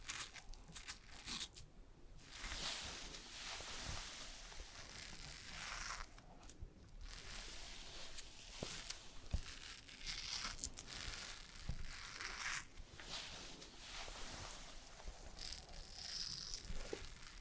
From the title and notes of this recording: ASMR SUPER Realistic Haircut and Shaving (Recorded Actual Sounds Layered) NO TALKING.